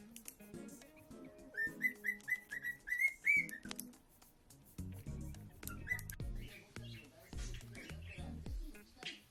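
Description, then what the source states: Cockatiel whistling a quick series of rising notes for a couple of seconds, then mostly quiet while low thumping and rumbling sounds continue. Lutino colour variety.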